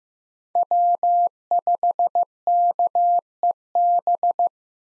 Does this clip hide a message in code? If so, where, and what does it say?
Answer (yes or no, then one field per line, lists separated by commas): yes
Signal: Morse code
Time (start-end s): 0.6-4.5 s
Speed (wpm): 15 wpm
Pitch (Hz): 700 Hz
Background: none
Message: W5KEB